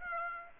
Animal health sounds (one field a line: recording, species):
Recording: mosquito wingbeat signal from an infrared sensor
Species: Aedes aegypti